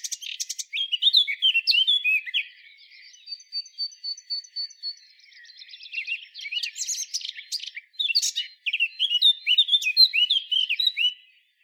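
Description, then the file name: Eurasian blackcap song with quick chattering notes, then a thin, evenly repeated high series of soft ticks, followed by renewed bouts of fast, varied warbling. "Sylvia atricapilla"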